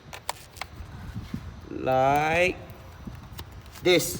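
A boost gauge tap fitting is pressed into its port on the engine intake/boost pipe of a Volkswagen Golf GTI/Passat/CC/Scirocco MK6 2.0 until its retaining clip snaps over the edge. A sharp click at 0.3 s marks the fitting seating, with smaller sharp clicks around 0.1 s, 0.6 s and 3.4 s. Someone talks in between.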